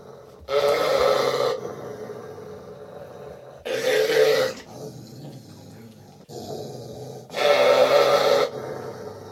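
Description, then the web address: Dog snarling in harsh, loud bursts of about a second each, three outbursts separated by quieter low growling. Dogs snarling, threatening to attack; close perspective, slightly right of stereo image. "Sound Effects-BBC Dogs Snarling BBC"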